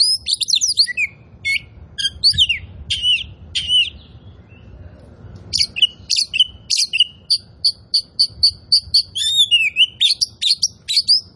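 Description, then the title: Oriental magpie-robin song: fast scratchy phrases and whistles, a short pause, then a run of evenly repeated clear high notes followed by sweeping slurred whistles. Sings energetically and continuously (gacor). "Kacer Poci"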